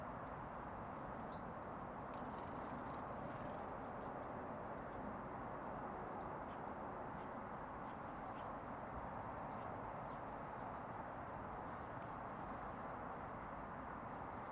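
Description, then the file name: Eurasian blue tit: sparse high call notes early, then louder clustered bursts of rapid, very high notes in the second half, above a quiet low hum. "Cyanistes caeruleus"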